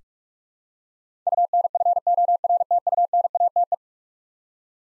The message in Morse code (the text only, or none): UNFORTUNATE